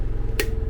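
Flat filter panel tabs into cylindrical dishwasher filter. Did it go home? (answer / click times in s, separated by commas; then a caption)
yes / 0.4 s. Someone pushes the tabs of a flat filter panel through the cylindrical filter of a Bosch dishwasher while reassembling it. Over a steady low hum, one sharp click sounds at 0.4 s as the tabs pop through and the panel seats.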